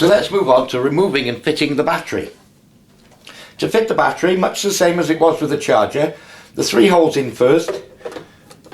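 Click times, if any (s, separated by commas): none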